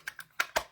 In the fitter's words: and then this pops right in just like that so it's super easy to refill